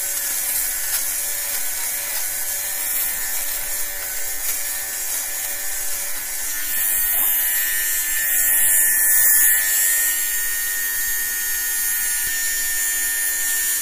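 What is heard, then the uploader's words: A small electric fabric shaver runs steadily, its motor giving a bright, thin whir with a fine high buzz above it. The tone stays even throughout, growing slightly louder and rougher from about seven seconds as the blades catch on the cloth. ASMR: Fabric Shaving - No Talking, Fabric Sounds, White Noise. I needed to tidy some of my jumpers as they were pilling, so I thought to myself that my fabric shaver sound might make for some good ASMR white noise.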